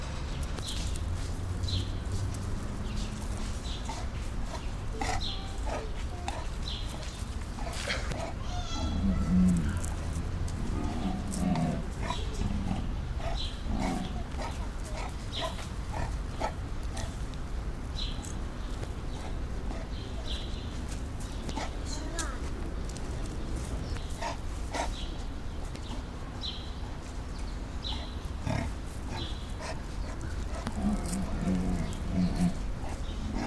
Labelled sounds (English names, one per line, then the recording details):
Leopard
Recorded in captivity
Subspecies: saxicolor
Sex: male
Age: adult
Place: Zoo Berlin, Berlin, DE
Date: 1996-07-28 18:26
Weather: bedeckt, 23°C
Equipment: Sony MD-WM MZ-R3, Sennheiser ME 80, Kopie Uher 4000 Report Monitor
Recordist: Tembrock, Günter